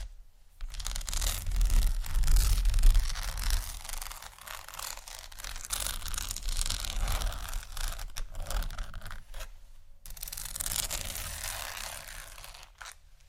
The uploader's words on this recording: ASMR Scratching Textures （No Talking）.